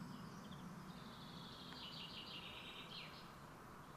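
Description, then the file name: European robin song: a thin, high, wavering warble, faint against a steady low rumble of background noise. "Erithacus rubecula"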